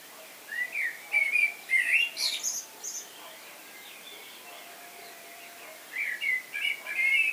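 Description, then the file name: Common blackbird giving fluting, wavering whistled notes that end in high thin squeaks, then a pause before another rich phrase begins. "Turdus merula"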